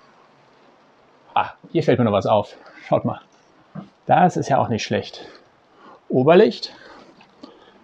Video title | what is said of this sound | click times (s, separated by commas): Hausboot mieten – Blick ins Boot: Folge 1 / Riverboat 1122 | jetzt ist es eingerastet, | 7.2 s, 7.4 s